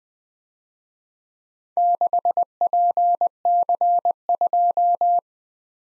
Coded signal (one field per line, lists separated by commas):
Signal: Morse code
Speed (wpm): 19 wpm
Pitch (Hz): 700 Hz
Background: none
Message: 6PC2